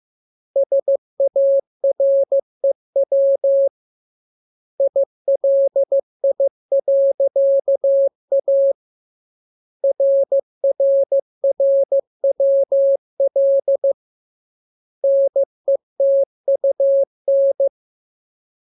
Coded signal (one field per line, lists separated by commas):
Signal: Morse code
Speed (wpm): 15 wpm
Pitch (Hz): 550 Hz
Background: none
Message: SAREW ILI.A RRRWL NETUN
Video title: Learning Morse Code. Lesson 13. Letter KMURESNAPTLWI.